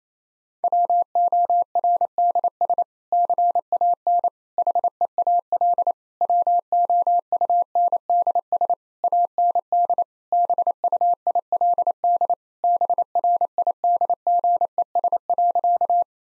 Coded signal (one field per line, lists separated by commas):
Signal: Morse code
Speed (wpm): 27 wpm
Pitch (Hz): 700 Hz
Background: none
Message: WORDS CAN HEAL WOUNDS AND BUILD BRIDGES.